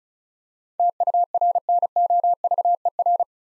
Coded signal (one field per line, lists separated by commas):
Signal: Morse code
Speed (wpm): 34 wpm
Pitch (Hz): 700 Hz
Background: none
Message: TURNOVER